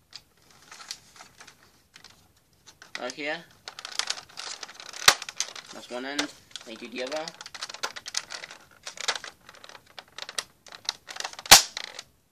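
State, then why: Seated. A plastic Nerf toy blaster magazine is pushed into its slot on the blaster's rotating arm, one end and then the other. Someone talks over scattered light plastic taps and rattles. The magazine clicks into place at 10.4 seconds, seating it.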